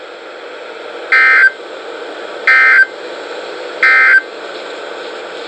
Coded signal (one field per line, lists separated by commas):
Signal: Emergency Alert System (SAME) tones